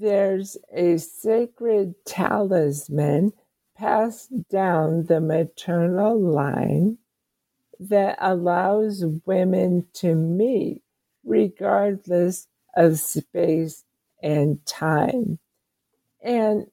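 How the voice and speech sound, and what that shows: An adult woman with ALS, diagnosed about seven years earlier and a very slow progressor, speaks slowly in short phrases broken by frequent pauses; her talking is limited. Dysarthria.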